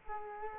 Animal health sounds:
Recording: mosquito wingbeat signal from an infrared sensor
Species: Culex quinquefasciatus

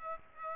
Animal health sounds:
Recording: mosquito wingbeat signal from an infrared sensor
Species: Aedes aegypti

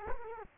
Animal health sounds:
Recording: mosquito wingbeat signal from an infrared sensor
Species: Culex quinquefasciatus

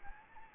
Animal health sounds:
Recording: mosquito wingbeat signal from an infrared sensor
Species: Anopheles gambiae

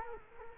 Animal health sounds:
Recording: mosquito wingbeat signal from an infrared sensor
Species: Culex quinquefasciatus

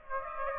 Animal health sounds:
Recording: mosquito wingbeat signal from an infrared sensor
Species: Aedes aegypti

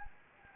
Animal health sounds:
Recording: mosquito wingbeat signal from an infrared sensor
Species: Anopheles gambiae

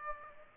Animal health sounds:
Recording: mosquito wingbeat signal from an infrared sensor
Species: Aedes aegypti

